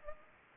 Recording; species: mosquito wingbeat signal from an infrared sensor; Culex pipiens